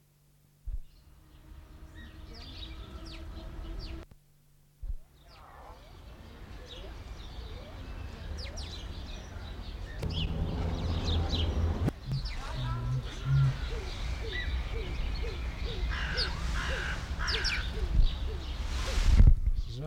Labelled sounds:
Hamerkop (Scopus umbretta) call

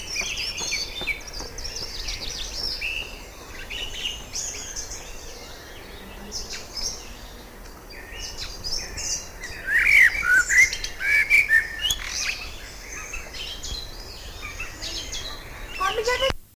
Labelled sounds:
Common Blackbird (Turdus merula) song

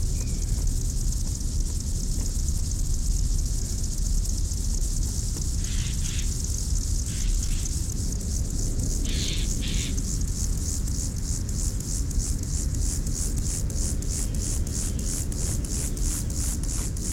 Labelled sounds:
Upland Field Grasshopper (Chorthippus apricarius) stridulation

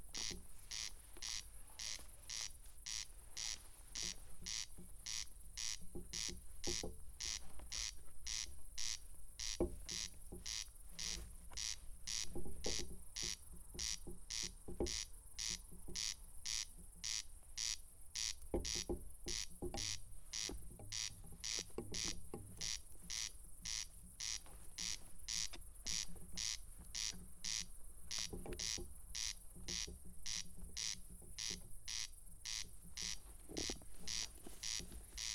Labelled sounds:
Corn Crake (Crex crex) song

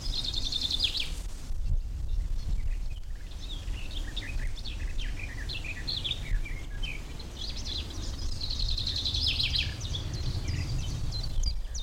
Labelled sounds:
Common Chaffinch (Fringilla coelebs)

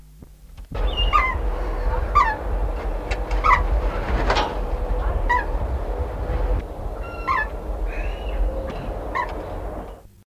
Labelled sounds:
Chestnut-flanked Sparrowhawk (Accipiter castanilius) call

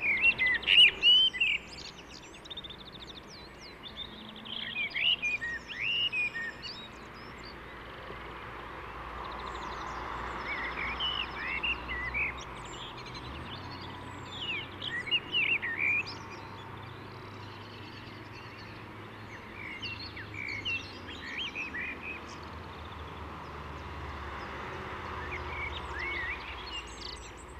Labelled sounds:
Common Blackbird (Turdus merula) song

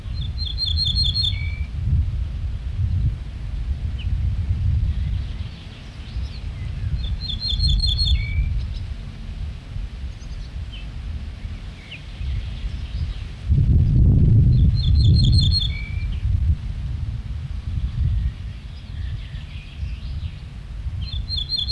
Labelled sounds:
Ortolan Bunting (Emberiza hortulana) alarm call

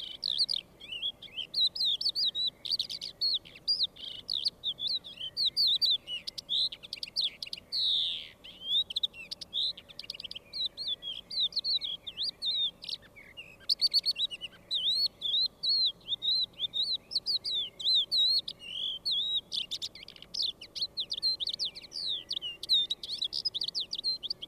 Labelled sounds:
Crested Lark (Galerida cristata) song

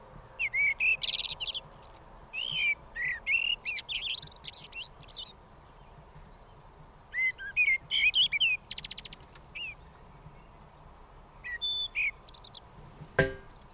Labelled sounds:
Common Blackbird (Turdus merula) song

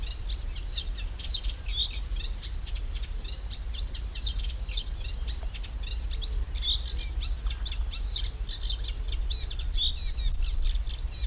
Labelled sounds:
Eurasian Reed Warbler (Acrocephalus scirpaceus)

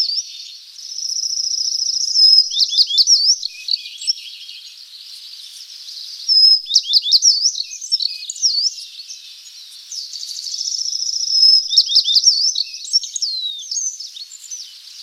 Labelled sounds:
Tristram's Bunting (Emberiza tristrami) song

